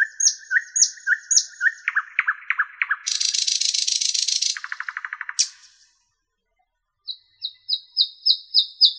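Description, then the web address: Nightingale singing repeated whistled notes and quick chirps, then a dense buzzy trill and a lower rattle, silence, and a new series of sharp repeated high notes. "spiew ptakow piesn slowika"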